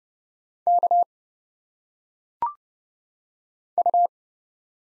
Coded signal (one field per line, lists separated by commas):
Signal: Morse code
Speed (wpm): 29 wpm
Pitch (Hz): 700 Hz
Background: none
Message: K U